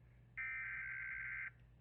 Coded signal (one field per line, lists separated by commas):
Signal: Emergency Alert System (SAME) tones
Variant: header bursts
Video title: Law Enforcement Warnings for A Missing Woman that has been found safely! (EAS #68 & #69)